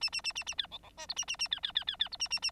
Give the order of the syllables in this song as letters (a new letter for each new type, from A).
A A A A A B C C D E A A A B B B B B E A A A